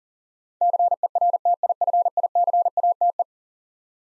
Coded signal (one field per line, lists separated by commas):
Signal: Morse code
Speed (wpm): 40 wpm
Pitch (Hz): 700 Hz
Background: none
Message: CERTIFICATE